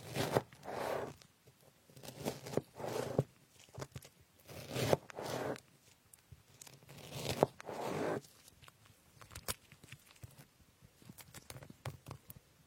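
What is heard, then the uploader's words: Someone cuts strawberries and other fruit, with wet, squishy slicing strokes swelling up roughly every two to three seconds for the first eight seconds. Sharp knife taps and clicks on a board punctuate the gaps, and the last few seconds hold only scattered light taps. Cutting fruits like strawberries.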